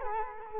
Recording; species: mosquito wingbeat signal from an infrared sensor; Culex quinquefasciatus